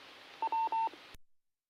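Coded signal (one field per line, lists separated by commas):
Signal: none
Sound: repeater courtesy tone beeps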